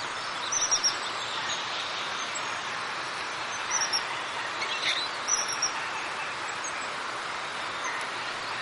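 Crested tit calls: short thin high pips in small clusters, heard three times over steady hissing background noise.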